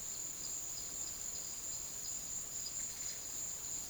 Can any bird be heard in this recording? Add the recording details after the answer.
no. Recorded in secondary vegetation near Puerto Asís, Putumayo, Colombia, on 12 March 2025 at 14:00. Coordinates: 0.489, -76.322. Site G042